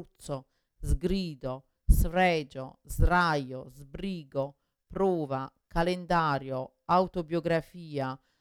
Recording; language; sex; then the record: read list of words; Italian; female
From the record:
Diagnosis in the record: Parkinson's disease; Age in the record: 61 years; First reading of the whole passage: 53 s, 9.7 characters per second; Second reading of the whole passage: 51 s, 10.1 characters per second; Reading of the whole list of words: 49 s, 5.7 characters per second